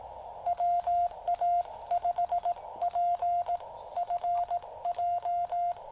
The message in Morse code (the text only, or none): WA5PFJ